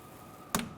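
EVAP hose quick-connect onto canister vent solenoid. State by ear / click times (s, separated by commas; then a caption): seated / 0.6 s. A plastic EVAP vapor line quick-connect fitting is pushed onto the port of a new canister vent solenoid on a 2005-2021 Nissan Frontier 4.0L V6. Over a faint steady hum, a sharp click at 0.6 s with a quick smaller tick right after it shows the connector snapping into place. The fitting is seated.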